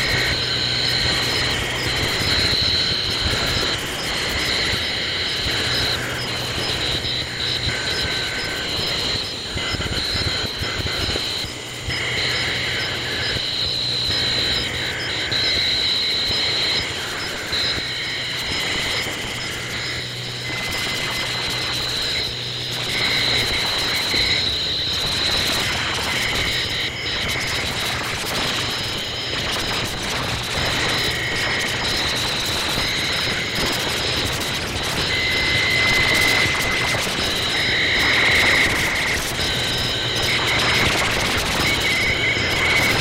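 Electronic crickets buzz in steady, high tones that hold for the full length, with bright pitched bands layered over a constant dense hiss. A low hum drifts in and out underneath, and brief faint clicks and rustles scatter throughout.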